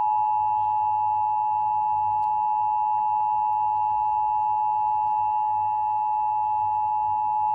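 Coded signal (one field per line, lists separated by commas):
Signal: Emergency Alert System (SAME) tones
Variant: 853 and 960 Hz attention tone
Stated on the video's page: National Emergency Alert System test received on Comcast cable television.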